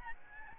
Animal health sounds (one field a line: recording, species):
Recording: mosquito wingbeat signal from an infrared sensor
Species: Aedes albopictus